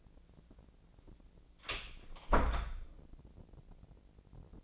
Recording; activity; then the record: daily activity, microphone in the room; close door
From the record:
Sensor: 5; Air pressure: 1012.5 hPa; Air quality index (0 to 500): 160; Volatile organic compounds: 2 ppm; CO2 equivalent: 1088 ppm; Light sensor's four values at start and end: 219/535/223/243 and 217/529/221/240